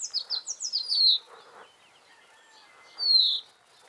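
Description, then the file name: Common chaffinch song: a fast cascading series of high notes dropping in pitch into a final flourish, then a pause and one loud slurred note. "Fringilla coelebs"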